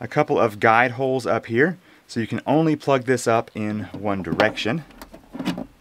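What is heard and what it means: Someone talks while handling the included interconnect cable plug for a Yoshopo Y3000 Power Station, lining it up with its keyed socket, whose guide holes let it fit only one way, to link the inverter to the swappable battery pack. Nothing has seated or clicked into place yet.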